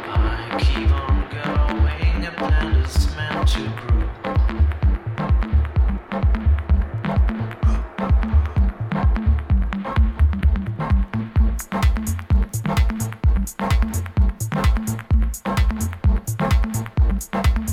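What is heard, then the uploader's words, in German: Soundscape from Jesendorf: a steady, driving beat with thumping low bass pulses, dense throughout, with bright ticking hits joining after twelve seconds. Klangkulisse Jesendorf.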